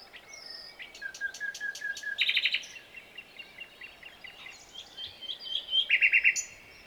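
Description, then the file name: Common nightingale song mixing piping repeated notes, two bursts of fast chattering trills, and assorted short whistles and chirps, with steady low hiss behind. "Luscinia megarhynchos"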